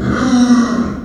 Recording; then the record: squeal of a Yucatan mini pig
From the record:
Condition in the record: after surgery on the right vocal fold (resection and tissue-engineered implant); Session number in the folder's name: 7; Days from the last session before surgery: 47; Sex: female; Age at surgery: 19 weeks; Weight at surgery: 25 kg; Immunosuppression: prednisolone